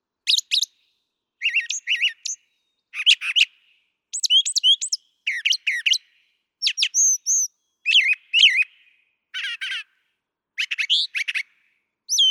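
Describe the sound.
Brown thrasher song, varied whistled and chattering phrases, each repeated, changing from one figure to the next with short silences.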